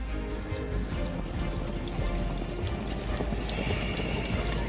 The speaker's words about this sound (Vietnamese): Quân của Mã Doanh, phần vì trong thành khí độc bốc lên mù mịt, quan quân rối loạn, lúc này cuống cuồng thúc ngựa bỏ chạy.